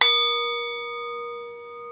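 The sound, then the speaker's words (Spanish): A vessel is struck once and rings like a bell, a clear sustained tone with shimmering overtones that fades slowly over two seconds. No voices are heard. “Por ejemplo, esto es chulísimo, funciona como una campana.”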